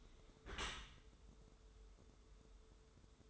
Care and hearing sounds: daily activity, microphone in the room; close dishwasher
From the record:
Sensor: 3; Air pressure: 1014.9 hPa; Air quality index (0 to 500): 41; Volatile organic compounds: 1 ppm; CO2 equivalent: 595 ppm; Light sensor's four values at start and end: 12/27/11/11 and 12/27/11/11

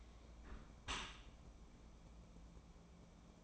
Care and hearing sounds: daily activity, microphone in the room; close dishwasher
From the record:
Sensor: 1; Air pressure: 1012.4 hPa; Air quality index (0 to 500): 172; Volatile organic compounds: 3 ppm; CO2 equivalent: 1402 ppm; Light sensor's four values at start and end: 342/787/347/381 and 342/787/347/381

